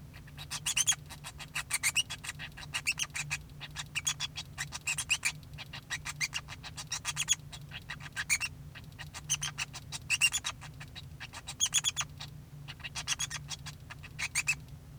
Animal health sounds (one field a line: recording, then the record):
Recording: song of a male Bengalese finch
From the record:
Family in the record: son of father 2